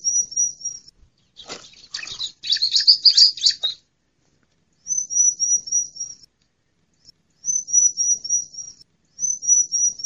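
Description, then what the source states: Bar-winged prinia calling, short runs of thin high chirps repeated rapidly, broken by a burst of harsh buzzy notes, then more quick high chirp series. Female.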